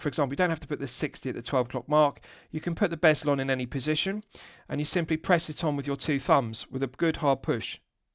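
A stainless steel watch bezel for a Nivada Grenchen Chronoking Racing Blue is being handled to press onto the watch case with both thumbs and a hard push, and it can go on in any position. Someone talks throughout, and no other distinct sounds stand out. Nothing has seated or clicked yet by the end of the clip.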